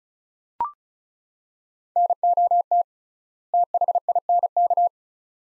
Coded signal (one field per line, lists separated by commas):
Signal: Morse code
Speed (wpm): 36 wpm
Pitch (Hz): 700 Hz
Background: none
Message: NOT THINK